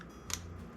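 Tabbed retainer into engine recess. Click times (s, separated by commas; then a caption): 0.3 s. A tabbed retainer, its tab bent up slightly, is slid into a small recess on a Kohler Courage SV530 engine during a governor replacement. A faint, sharp click sounds at 0.3 s over a low steady hum, and the part seats home.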